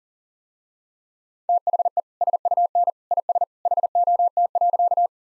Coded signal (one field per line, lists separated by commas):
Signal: Morse code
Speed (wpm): 40 wpm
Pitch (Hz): 700 Hz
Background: none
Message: THE SUN IS HOT.